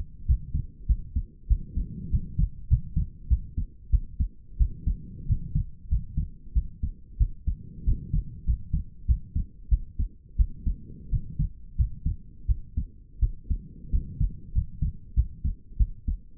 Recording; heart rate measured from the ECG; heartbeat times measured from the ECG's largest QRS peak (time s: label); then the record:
heart sounds by stethoscope; 93 bpm
0.26 s: heartbeat
0.87 s: heartbeat
1.48 s: heartbeat
2.10 s: heartbeat
2.68 s: heartbeat
3.28 s: heartbeat
3.90 s: heartbeat
4.57 s: heartbeat
5.26 s: heartbeat
5.88 s: heartbeat
6.53 s: heartbeat
7.18 s: heartbeat
7.84 s: heartbeat
8.45 s: heartbeat
9.06 s: heartbeat
9.69 s: heartbeat
10.36 s: heartbeat
11.09 s: heartbeat
11.76 s: heartbeat
12.46 s: heartbeat
13.20 s: heartbeat
13.90 s: heartbeat
14.52 s: heartbeat
15.14 s: heartbeat
15.77 s: heartbeat
From the record:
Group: healthy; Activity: rest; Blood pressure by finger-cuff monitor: 89/60 mmHg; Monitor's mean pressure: 70 mmHg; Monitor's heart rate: 94 bpm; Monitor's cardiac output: 7.2 L/min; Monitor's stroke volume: 80 mL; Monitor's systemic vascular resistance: 690 dyn s/cm5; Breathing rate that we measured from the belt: 20 breaths a minute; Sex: female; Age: 19 years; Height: 163 cm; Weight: 48.9 kg